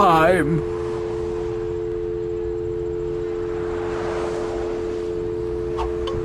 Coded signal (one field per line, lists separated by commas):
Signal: telephone call progress tone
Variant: North America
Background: speech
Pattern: dial tone